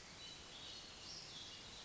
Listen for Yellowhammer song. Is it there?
no